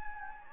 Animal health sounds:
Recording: mosquito wingbeat signal from an infrared sensor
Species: Anopheles gambiae

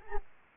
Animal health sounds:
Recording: mosquito wingbeat signal from an infrared sensor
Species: Anopheles gambiae

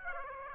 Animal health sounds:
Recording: mosquito wingbeat signal from an infrared sensor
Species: Aedes aegypti

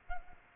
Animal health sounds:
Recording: mosquito wingbeat signal from an infrared sensor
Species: Culex pipiens

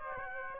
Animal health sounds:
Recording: mosquito wingbeat signal from an infrared sensor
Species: Aedes aegypti

